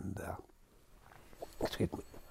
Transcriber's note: a telephone rings